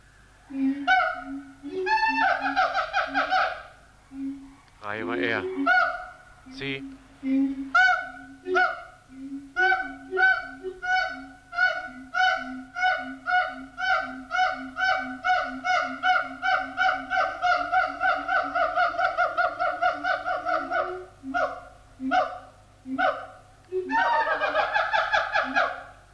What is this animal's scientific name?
Symphalangus syndactylus